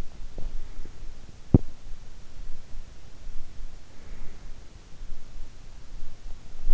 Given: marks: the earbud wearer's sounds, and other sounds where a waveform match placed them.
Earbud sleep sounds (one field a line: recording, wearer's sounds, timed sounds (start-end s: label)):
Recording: sounds in sleep by an in-ear microphone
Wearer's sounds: teeth grinding, breath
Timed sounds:
0.12-1.10 s: teeth grinding
3.69-4.76 s: breath